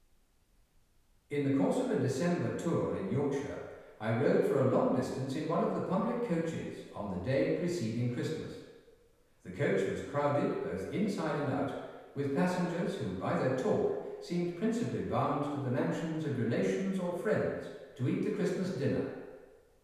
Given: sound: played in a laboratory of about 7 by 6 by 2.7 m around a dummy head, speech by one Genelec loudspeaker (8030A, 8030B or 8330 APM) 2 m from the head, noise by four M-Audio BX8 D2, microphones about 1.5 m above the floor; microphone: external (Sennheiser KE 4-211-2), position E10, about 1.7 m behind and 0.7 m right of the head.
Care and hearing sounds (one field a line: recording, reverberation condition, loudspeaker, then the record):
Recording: male speech in English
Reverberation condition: high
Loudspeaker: 60 degrees to the right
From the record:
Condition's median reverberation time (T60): about 1300 ms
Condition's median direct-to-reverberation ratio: about -4.0 dB